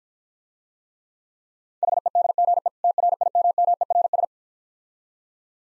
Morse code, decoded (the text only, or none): HEDGE TRIMMERS